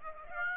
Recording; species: mosquito wingbeat signal from an infrared sensor; Aedes aegypti